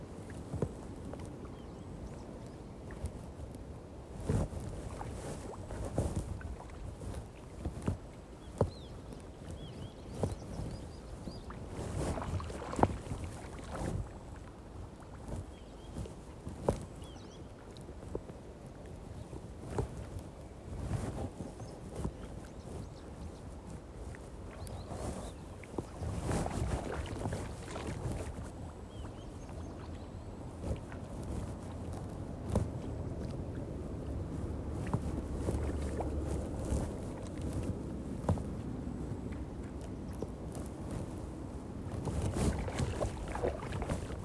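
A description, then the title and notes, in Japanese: Rice seedlings are planted one by one by hand from a bundle taken in a water nursery. Wet splashing and sloshing sounds recur every second or two, with a steady low murmur throughout and louder, denser stretches around the middle and toward the end. 田植え。水苗代で苗を束にしたものを手に取り、 １本ずつ手植えでイネ苗たちを植えていきます。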